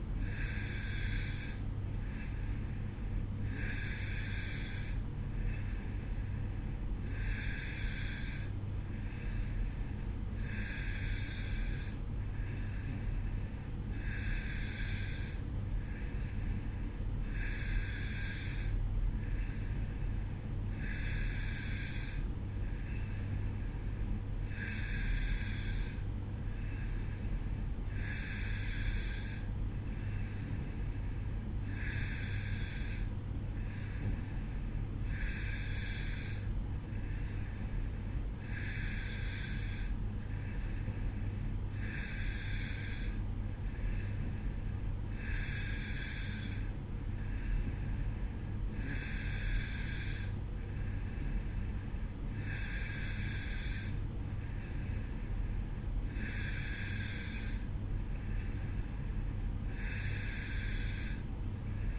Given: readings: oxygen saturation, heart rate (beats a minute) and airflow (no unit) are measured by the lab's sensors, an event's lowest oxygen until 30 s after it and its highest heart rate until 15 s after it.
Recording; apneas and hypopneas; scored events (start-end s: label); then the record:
breathing in sleep by a smartphone at the bedside; none
none scored
From the record:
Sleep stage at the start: N2 (light sleep); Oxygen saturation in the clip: 91%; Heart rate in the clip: 55 to 58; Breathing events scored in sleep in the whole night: 305 in 9.6 hours asleep